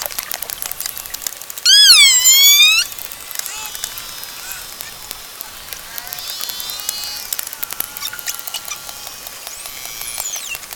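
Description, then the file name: Pilot whale calls: a single loud harmonic whistle dipping then sweeping sharply upward near two seconds, followed by fainter wavering whistles over steady rapid clicking. "globicefalo"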